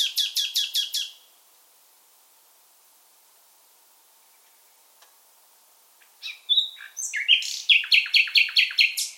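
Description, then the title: Common nightingale song: a rapid repeated phrase ends, a silence of several seconds follows, then a new phrase of whistles and fast repeated notes begins. Nightingale described as an African migrant, singing in full voice. "LS REVISITED - NIGHTINGALE IN FULL VOICE"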